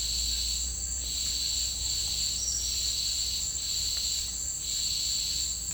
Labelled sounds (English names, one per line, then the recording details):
none
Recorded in dense forest near Puerto Asís, Putumayo, Colombia, on 19 March 2025 at 09:30
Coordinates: 0.485, -76.318
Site G056